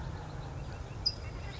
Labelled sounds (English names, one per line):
California Towhee